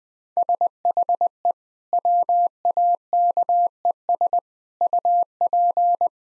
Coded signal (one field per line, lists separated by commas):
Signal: Morse code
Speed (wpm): 20 wpm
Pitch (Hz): 700 Hz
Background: none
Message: SHE WAKES UP